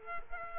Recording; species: mosquito wingbeat signal from an infrared sensor; Culex quinquefasciatus